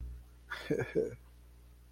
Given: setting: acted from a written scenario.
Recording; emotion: vocal sound without words; embarrassment